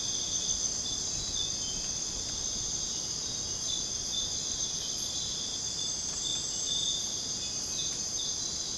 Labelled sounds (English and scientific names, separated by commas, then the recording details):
none
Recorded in dense forest near Puerto Asís, Putumayo, Colombia, on 23 June 2025 at 04:30
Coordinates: 0.486, -76.317
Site G065